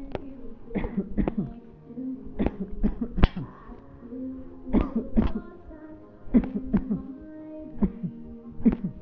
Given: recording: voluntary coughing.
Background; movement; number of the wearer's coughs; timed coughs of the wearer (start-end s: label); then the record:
music; sitting; 11
0.72-1.12 s: cough
1.15-1.52 s: cough
2.36-2.80 s: cough
2.81-3.14 s: cough
3.16-3.46 s: cough
4.70-5.07 s: cough
5.14-5.54 s: cough
6.32-6.69 s: cough
6.71-7.04 s: cough
7.80-8.15 s: cough
8.63-8.95 s: cough
From the record:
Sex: male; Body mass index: 20.5 kg/m2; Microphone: on the chest, facing the body